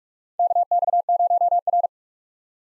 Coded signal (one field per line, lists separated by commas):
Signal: Morse code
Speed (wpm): 46 wpm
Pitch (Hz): 700 Hz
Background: none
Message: KX0R